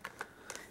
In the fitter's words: whatever position you choose it locks into place so you don't have to worry about that moving around too much